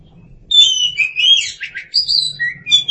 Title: Suara Kicauan Burung Kacer